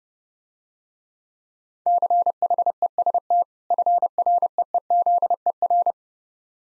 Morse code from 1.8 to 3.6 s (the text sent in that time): CHEST